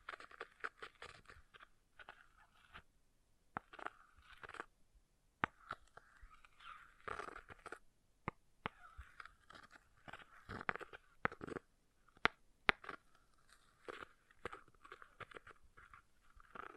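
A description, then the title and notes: An object scratches in uneven bursts, rough crunchy strokes with sharp clicks and brief pauses, busiest and loudest around the middle and end. ASMR Brain Melting Object Scratching (No Talking).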